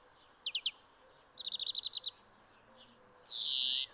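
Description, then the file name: European greenfinch calling: two bursts of fast chattering trills followed by a long, drawn-out nasal wheeze. "Chloris chloris"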